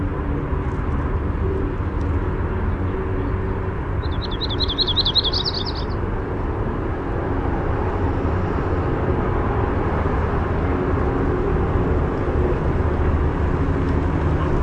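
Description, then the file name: Yellow-rumped warbler giving one quick, high, slightly jumbled trill partway through, with constant traffic rumble underneath throughout. "YRWA song"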